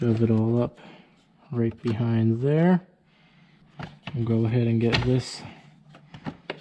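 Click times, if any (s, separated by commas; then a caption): 6.5 s. Someone talks while a plastic interior trim panel is pushed back into the dashboard of a 2020 Honda Civic Si (10th gen) after the wiring for a P3 gauge install is tucked away behind it. A few light plastic taps lead up to a sharp snap at 6.5 s as the panel clicks back into place and is seated.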